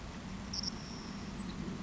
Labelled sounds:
Savannah Sparrow
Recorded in Sonoma County, California

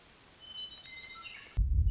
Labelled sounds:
Western Meadowlark
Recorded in Sonoma County, California

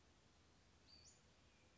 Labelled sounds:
Western Flycatcher
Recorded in Sonoma County, California

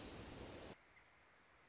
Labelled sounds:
American Robin
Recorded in Sonoma County, California

